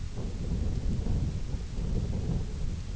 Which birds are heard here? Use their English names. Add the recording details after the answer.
none. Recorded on Arctic tundra, site IGLO-F, on 20 June 2018. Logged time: 16:00